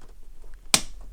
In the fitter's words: we go so it makes a really satisfying click